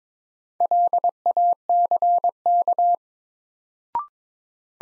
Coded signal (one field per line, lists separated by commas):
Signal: Morse code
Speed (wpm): 22 wpm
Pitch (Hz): 700 Hz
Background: none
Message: LACK